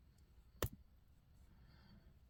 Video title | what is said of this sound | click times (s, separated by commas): Changing Color Beads so Fun!!! | there we go click click | 0.6 s